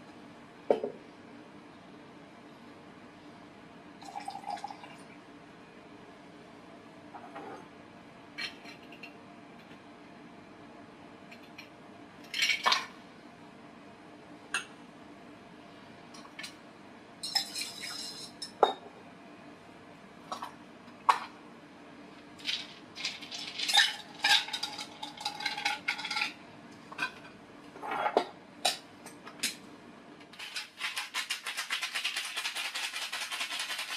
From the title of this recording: Bartender Sounds